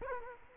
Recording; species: mosquito wingbeat signal from an infrared sensor; Culex quinquefasciatus